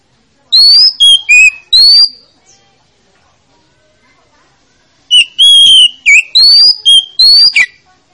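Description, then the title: Oriental magpie-robin singing two loud phrases of ringing whistles and short chips, separated by about three seconds of silence. Lure to make a reluctant magpie-robin that is slow to sing start singing. "Pancingan Kacer Yg Malas Bunyi"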